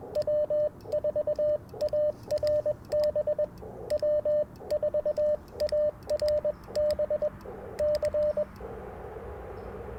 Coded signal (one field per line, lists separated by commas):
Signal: Morse code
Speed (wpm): 21 wpm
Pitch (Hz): 590 Hz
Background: radio noise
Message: W4ARB W4ARB C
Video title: Morning Morse Code at Tuskegee National Forest K-4451 - 12/12/23